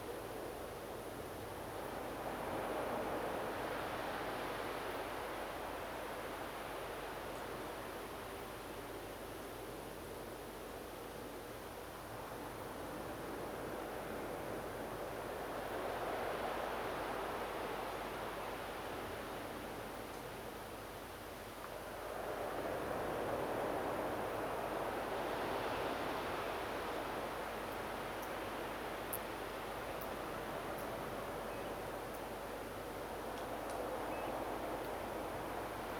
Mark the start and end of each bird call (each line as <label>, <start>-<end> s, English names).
Common Ringed Plover, 31.50-31.70 s
Common Ringed Plover, 34.10-34.31 s